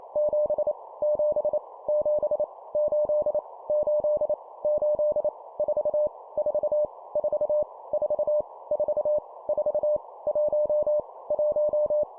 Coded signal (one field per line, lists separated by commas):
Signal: Morse code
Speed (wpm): 28 wpm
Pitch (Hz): 600 Hz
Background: none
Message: 7 7 7 8 8 8 4 4 4 4 4 4 1 1